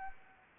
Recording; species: mosquito wingbeat signal from an infrared sensor; Anopheles gambiae